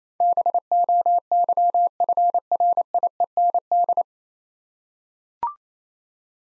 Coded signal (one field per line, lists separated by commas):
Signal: Morse code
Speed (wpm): 27 wpm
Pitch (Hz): 700 Hz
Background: none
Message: BOYFRIEND